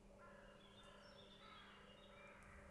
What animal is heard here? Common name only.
Eurasian Blackcap